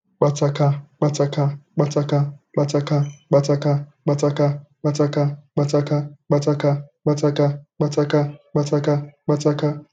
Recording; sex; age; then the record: repeated syllables /pa ta ka/; male; 40 to 49 years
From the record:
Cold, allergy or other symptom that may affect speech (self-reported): no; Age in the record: 45 years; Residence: California, United States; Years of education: 16